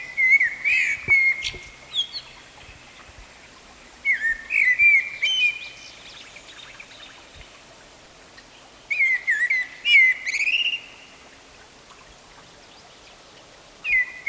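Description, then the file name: Eurasian blackbird song: fluty warbled phrases with high squeaky endings, repeated about every four to five seconds with quiet gaps between. "Turdus merula"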